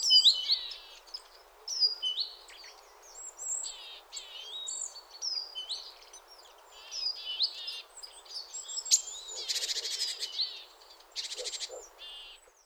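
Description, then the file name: Great tit calling: a busy series of sharp, high chirps and quick slurred notes, with harsh buzzy churring bursts near the end. "Parus major"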